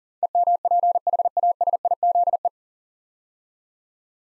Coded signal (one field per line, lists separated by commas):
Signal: Morse code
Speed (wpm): 40 wpm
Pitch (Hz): 700 Hz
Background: none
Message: EMPHASIZE